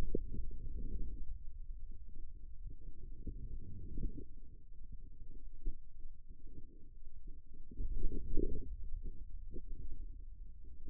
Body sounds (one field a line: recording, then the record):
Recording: forearm muscle sounds (acoustic myography)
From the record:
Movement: radial deviation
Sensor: system 2, bracelet of six BSWA MPA416 microphones around the upper forearm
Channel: 6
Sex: male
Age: 22 years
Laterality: right